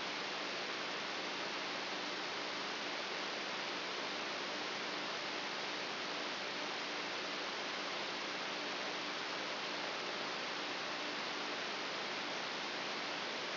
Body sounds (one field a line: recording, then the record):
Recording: brain microelectrode recording played as sound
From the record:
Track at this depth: outside the subthalamic nucleus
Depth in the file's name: 7.44 mm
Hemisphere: right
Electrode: 2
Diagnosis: Parkinson's disease